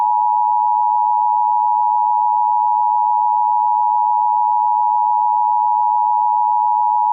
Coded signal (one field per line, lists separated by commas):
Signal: Emergency Alert System (SAME) tones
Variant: 853 and 960 Hz attention tone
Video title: EAS Scenario - Pixie and Brutus